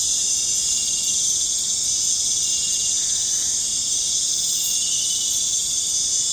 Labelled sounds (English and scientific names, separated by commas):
none